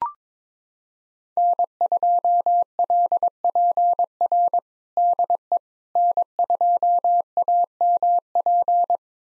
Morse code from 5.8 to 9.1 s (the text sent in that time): N2AMP